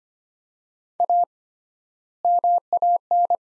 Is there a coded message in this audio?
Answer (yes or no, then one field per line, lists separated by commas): yes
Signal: Morse code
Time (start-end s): 1.0-3.4 s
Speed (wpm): 25 wpm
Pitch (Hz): 700 Hz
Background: none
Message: A MAN